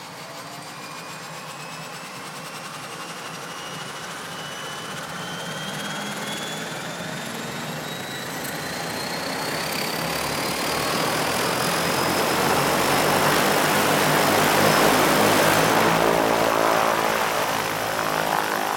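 A turboprop aircraft's engine grows steadily louder over the clip, its whining tones rising in pitch and peaking near fifteen seconds as it passes.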